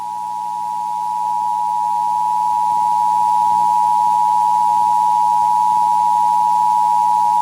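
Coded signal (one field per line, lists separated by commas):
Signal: Emergency Alert System (SAME) tones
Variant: 853 and 960 Hz attention tone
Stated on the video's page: Recreated EAS alert for a hazardous materials exercise, made on a computer with macros; valid EAS tones.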